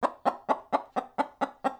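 Chicken clucking, eight short, sharp clucks at an even pace of about four per second, each one quickly fading.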